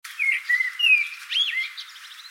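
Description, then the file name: Common blackbird giving whistled notes, a slurred falling phrase then a rising-falling note, with fainter high twitters after, over quiet background hiss. "Turdus merula"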